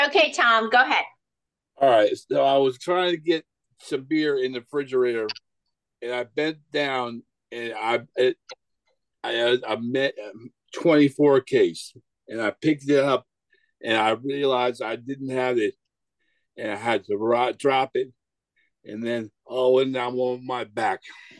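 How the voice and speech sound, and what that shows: An adult man speaks in halting phrases broken by frequent pauses, with a drawn-out 'I… I…' hesitation and garbled word choices such as 'I met 24 case.' These word-finding errors and effortful pauses reflect aphasia after a stroke.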